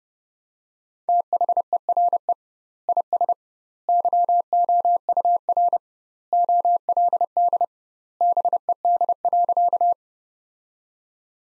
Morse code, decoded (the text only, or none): THERE IS YOUR OLD BED.